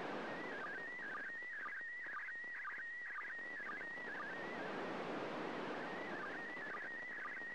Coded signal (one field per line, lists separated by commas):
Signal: SSTV (slow-scan television)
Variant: PD 120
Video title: 29th Third Pass. Slow Scan Television (SSTV) images transmitted from the International Space Station